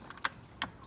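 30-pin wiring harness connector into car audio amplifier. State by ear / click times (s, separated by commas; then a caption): not seated / none. A new 30-pin plug-and-play harness connector is pushed toward the factory amplifier socket of a JBL-equipped 2018-2024 Toyota Camry audio system. A faint knock at 0.1 s is followed by two sharp plastic knocks at about 0.3 s and 0.6 s. The connector has not seated or clicked into place yet.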